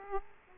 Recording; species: mosquito wingbeat signal from an infrared sensor; Aedes aegypti